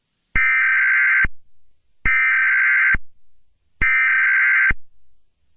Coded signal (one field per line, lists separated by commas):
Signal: Emergency Alert System (SAME) tones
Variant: header bursts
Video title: EAS Scenario #45: Mickey Error 1: The Return Of Mickey Error